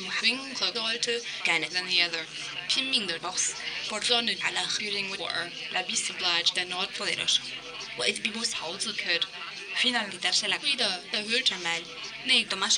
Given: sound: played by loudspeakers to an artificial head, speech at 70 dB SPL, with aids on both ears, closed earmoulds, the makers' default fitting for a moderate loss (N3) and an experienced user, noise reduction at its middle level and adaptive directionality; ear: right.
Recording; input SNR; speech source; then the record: speech test signal (ISTS) in cocktail-party noise; +9 dB; in front (0 degrees)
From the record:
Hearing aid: class 2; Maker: A